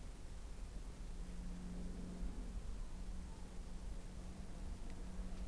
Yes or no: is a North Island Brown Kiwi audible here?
no